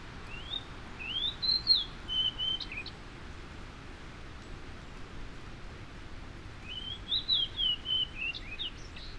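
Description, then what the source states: Fox sparrow song: two rich, whistled phrases of slurred rising and falling notes ending in short notes, separated by about four seconds of steady background hiss. Migrating male singing loudly from shrubs at a yard's edge, one morning in early April, in cold windy weather; probably heading north to breed in the Canadian North Woods.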